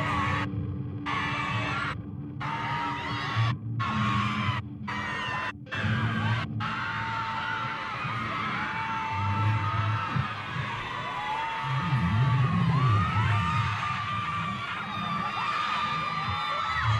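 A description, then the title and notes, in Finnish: A dense crowd at a street protest in Belarus keeps up constant shouting, whooping and chanting, over a low rumble. Short, steady whistle blasts sound repeatedly between about 3 and 11 seconds, and the voices swell louder near the 12-second mark. Kaikki projektin äänet ovat aitoja, dokumentaarisia ääniä, jotka on nauhoitettu Valkovenäjällä meneillään olevissa mielenosoituksissa.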